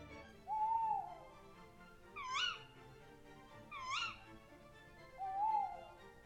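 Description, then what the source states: Tawny Owl calls: two sharper upward-flicked notes between two soft arched whistles, four calls over about six seconds. Night calls.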